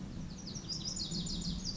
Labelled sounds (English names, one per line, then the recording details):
Lazuli Bunting
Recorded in Sonoma County, California